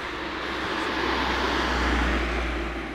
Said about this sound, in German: Na, jetzt haben wir wieder Verkehr. Jetzt haben wir wieder Verkehr, ja.